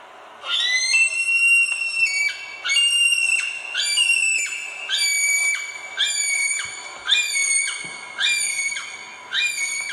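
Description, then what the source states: Kiwi calling, a long series of shrill, high whistled screams. Male; high screaming call designed to travel through forest; pairs feed separately but communicate by calling; territory up to 50 acres; New Zealand.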